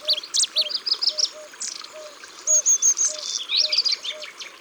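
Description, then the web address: Common nightingale singing rapid varied chirps and high whistles repeated three or four times in a row, with a low note pulsing underneath. "Rossignol-philomele abc-de-la-nature"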